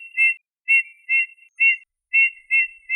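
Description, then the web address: Eurasian bullfinch giving soft, clear piping whistles, six short notes spaced roughly half a second apart, each a steady pure tone with quiet pauses between. "Pyrrhula pyrrhula"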